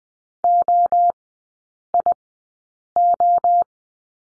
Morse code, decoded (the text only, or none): OIO